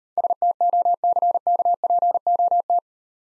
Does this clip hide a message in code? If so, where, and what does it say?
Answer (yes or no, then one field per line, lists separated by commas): yes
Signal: Morse code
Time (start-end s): 0.2-2.8 s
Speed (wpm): 38 wpm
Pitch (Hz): 700 Hz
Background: none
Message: STOCKPOT